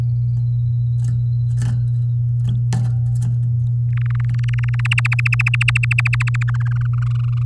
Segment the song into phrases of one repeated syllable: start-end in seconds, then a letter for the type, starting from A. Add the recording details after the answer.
3.93-4.81 A, 4.85-5.49 B, 5.54-6.43 C, 6.48-7.43 D. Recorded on 8 May 2018 at 05:52. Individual llb16